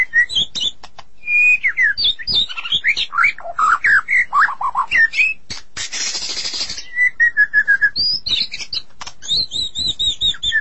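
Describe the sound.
Magpie-robins and shamas song: rich, varied whistled phrases that rise and fall, a brief harsh rasping burst in the middle, then repeated clear high notes.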